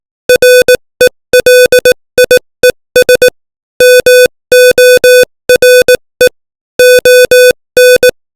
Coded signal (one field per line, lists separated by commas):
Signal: Morse code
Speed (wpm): 18 wpm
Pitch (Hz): 500 Hz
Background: music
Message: RELIES MORE ON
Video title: Morse Code 18 WPM : English Language